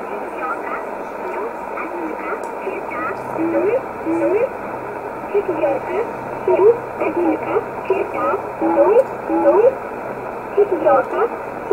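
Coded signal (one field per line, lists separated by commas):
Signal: numbers station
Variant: S11a Cherta, Russian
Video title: 29 06 2020 S11a Cherta Numbers station in Russian 0701 on 9339 unknown tx site in USB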